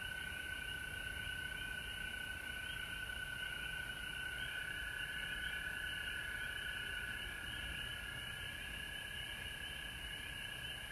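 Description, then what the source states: Frog chorus of dense overlapping calls forming a constant shrill drone, one clear steady tone running beneath the higher trilling for most. Recorded at home in Georgia on March 19, 2020.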